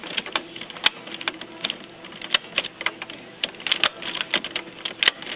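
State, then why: Seated. Refillable plastic ink cartridges of a continuous ink supply system for Canon MG5520, MG5420, MG6320, MX922, MG7120 and IP7220 printers are pressed one by one, front end first, into the inkjet printer carriage, so the front does not lift and block the click. Sharp short clicks sound at 0.9, 2.4, 2.6, 3.7, 3.8 and 5.1 seconds over softer plastic handling noise. All the cartridges end up clicked in and seated.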